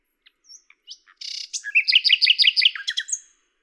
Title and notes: D83, 01350 Lavours, France - rossignol à LAVOURS. 10/05/1998